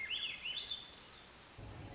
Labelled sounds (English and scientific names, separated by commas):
Swainson's Thrush (Catharus ustulatus)